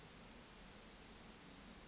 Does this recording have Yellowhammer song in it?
no